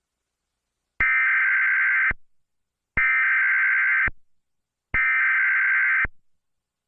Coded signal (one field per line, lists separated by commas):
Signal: Emergency Alert System (SAME) tones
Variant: header bursts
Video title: a green reacting to eas alarm from different countries